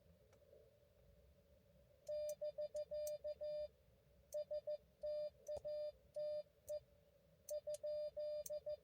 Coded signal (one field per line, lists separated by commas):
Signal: Morse code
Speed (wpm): 14 wpm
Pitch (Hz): 590 Hz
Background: none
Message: <BK> STATE ?